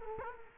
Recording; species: mosquito wingbeat signal from an infrared sensor; Culex quinquefasciatus